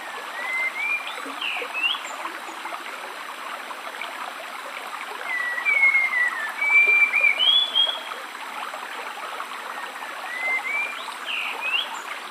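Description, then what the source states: Spot-winged thrush, short slurred whistles that swoop up and down in loose bursts, over the constant hiss of flowing water. At a rainforest stream.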